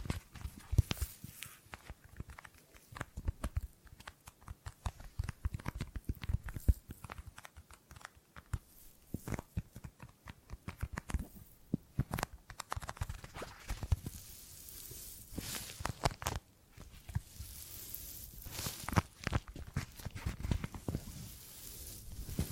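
Gripping and grabbing sounds: quick rustling, crinkling handling noises with sharp clicks and short scrapes scattered densely across the whole clip. The activity comes in irregular bursts, busiest around 6, 12 and 15 to 20 seconds, with brief quieter gaps between.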